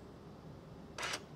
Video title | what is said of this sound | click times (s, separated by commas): BMW R1200GS Adventure - Review - Likes & Dislikes | and you hear it click and now that's locked into place so there you go | 1.0 s